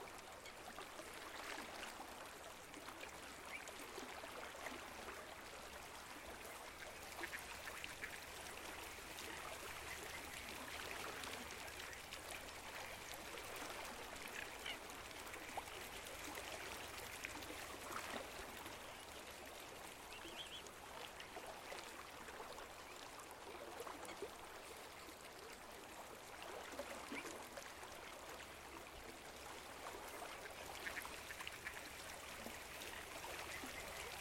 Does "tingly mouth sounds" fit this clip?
no